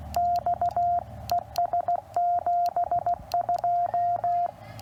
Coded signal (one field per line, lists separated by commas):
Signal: Morse code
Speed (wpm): 15 wpm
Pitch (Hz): 700 Hz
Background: radio noise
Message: X ES 72